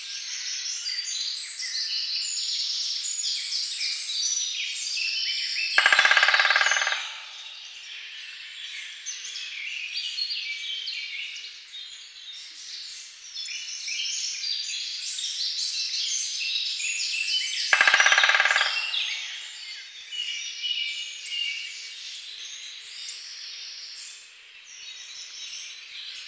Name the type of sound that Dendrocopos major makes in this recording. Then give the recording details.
drumming. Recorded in the wild. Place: Lilienhof / Kaiserstuhl, Baden-Württemberg, DE. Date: 2009-05-02. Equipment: MiniDisc Sharp MT 20 H. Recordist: Schwarz, Dieter